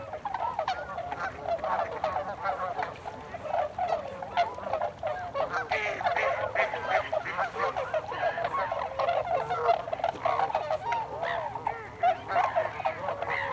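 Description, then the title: Tundra swan: a dense chorus of tundra swans, continuous overlapping honking and bugling calls from a large flock, with no break in the sound. Recorded 26 December 2020. "2020 12 26 Tundra Swans"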